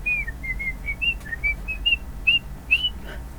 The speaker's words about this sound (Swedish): Han visslar sången "Kan du vissla, Johanna?"